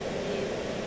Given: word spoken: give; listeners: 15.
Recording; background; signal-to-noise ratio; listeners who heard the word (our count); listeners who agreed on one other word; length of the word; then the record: one English word in noise, from a listening test; speech-shaped noise; -6.7 dB; 1 of 15; 6 of 15; 0.47 s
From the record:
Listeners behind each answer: 6, 2, 1, 1, 1, 1, 1, 1, 1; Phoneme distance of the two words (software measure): 30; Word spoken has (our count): 1 syllable, 3 phonemes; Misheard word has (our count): 1 syllable, 3 phonemes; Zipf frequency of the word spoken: 5.86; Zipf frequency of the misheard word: 5.98